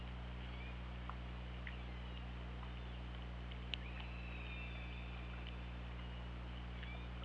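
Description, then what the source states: Killer whale call: a drawn-out tonal call that wavers slightly in pitch, with scattered faint clicks against a steady low mechanical hum. Underwater hydrophone recording made by OrcaLab on 24 August 2017 at 21:08.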